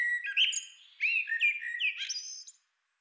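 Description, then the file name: Common blackbird song with rich whistled, warbling notes running into brief high twittered flourishes, then falling silent. "Turdus merula"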